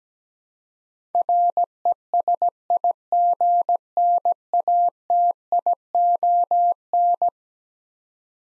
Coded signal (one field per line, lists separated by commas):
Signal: Morse code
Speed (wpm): 17 wpm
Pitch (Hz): 700 Hz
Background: none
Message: RESIGNATION